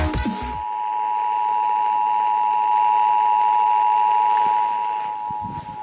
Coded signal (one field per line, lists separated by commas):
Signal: Emergency Alert System (SAME) tones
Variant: 853 and 960 Hz attention tone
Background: music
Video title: EAS #115 - Flash Flood Warning #32 (FIRST EAS WITH BMH!)